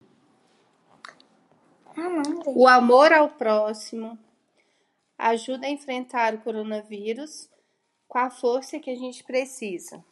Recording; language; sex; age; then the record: spoken sentence; Brazilian Portuguese; female; 40 to 49 years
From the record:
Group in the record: control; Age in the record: 47 years